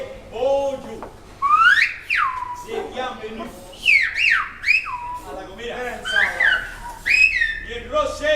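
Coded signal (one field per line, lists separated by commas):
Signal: whistled language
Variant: Silbo Gomero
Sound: short spoken words alternating with sharp rising and falling whistled phrases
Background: speech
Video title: Silbo Gomero гомерский свист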